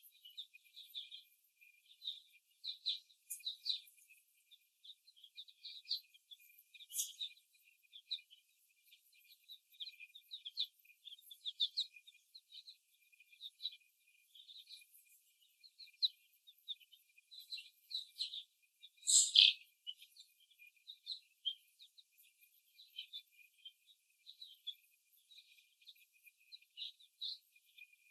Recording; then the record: young laying hens in a cage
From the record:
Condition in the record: before the stressor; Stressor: simulated dog barking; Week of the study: 1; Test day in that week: 2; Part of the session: 4